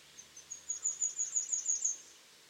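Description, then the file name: Great tit calling a quick rattled string of thin, very high notes, building in loudness then stopping abruptly, with soft background hiss. "Parus major"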